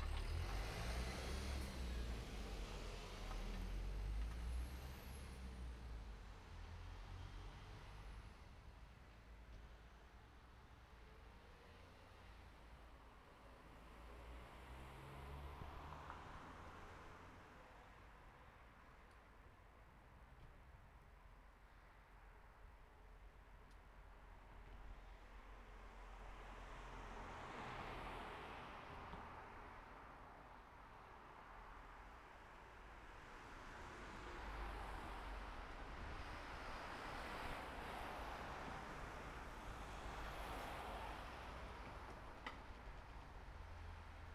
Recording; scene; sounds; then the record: everyday scene through a hearing-aid microphone; in traffic; traffic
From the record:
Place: city secondary road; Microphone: behind the ear, right, rear